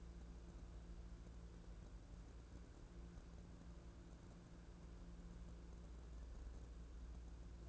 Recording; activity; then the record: daily activity, microphone in the room; wipe stove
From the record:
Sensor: 2